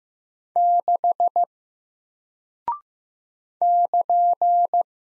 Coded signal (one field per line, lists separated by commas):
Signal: Morse code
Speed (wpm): 15 wpm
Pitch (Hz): 700 Hz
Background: none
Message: 6 <KN>